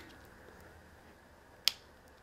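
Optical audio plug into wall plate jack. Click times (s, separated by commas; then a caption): 1.7 s. An optical audio (TOSLINK) plug is pushed into its jack on a recessed TV box wall plate. A single sharp click at 1.7 s stands out against quiet background noise. The click confirms the plug is seated.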